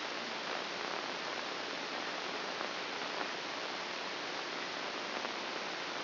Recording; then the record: brain microelectrode recording played as sound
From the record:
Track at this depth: inside the subthalamic nucleus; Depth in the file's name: 5.905 mm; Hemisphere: left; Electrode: 2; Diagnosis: Parkinson's disease